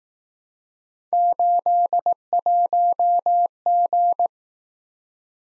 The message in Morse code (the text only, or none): 81G